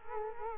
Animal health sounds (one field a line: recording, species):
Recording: mosquito wingbeat signal from an infrared sensor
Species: Culex quinquefasciatus